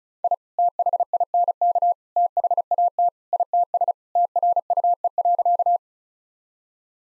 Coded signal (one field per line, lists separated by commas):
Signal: Morse code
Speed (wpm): 36 wpm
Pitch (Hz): 700 Hz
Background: none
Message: I THINK THAT ITS TRUE.